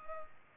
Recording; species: mosquito wingbeat signal from an infrared sensor; Culex pipiens